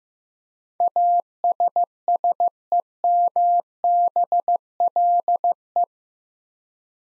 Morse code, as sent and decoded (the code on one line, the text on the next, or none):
.- ... ... . -- -... .-.. .
ASSEMBLE